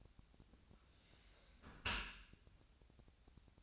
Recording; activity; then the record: daily activity, microphone in the room; close dishwasher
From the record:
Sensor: 2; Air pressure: 1006.5 hPa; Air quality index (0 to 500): 203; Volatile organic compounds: 15 ppm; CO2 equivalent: 2479 ppm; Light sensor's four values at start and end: 9/22/9/9 and 9/22/9/9